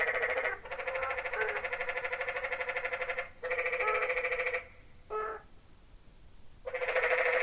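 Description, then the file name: Tree frogs calling in chorus, long buzzy pulsing trills that run for several seconds, then a short burst, a near-silent pause, and the chorus resuming. Tree frogs recorded in Zion Canyon on 16 January 2006. "01-16-06-Zion Canyon Tree Frogs"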